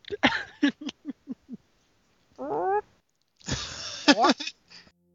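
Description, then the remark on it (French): A man imitates a chicken: a quick run of short, rhythmic clucks, then a warbling mid-pitched call and a louder, raspy squawking burst that fades into a few soft clucks. “faisant la poule, c'est un moment qu'on pouvait pas ne pas mettre dans le podcast”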